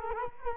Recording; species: mosquito wingbeat signal from an infrared sensor; Culex quinquefasciatus